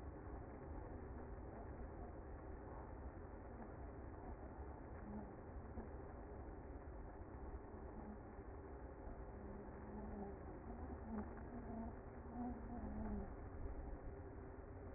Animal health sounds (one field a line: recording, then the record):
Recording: honeybee colony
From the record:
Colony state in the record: active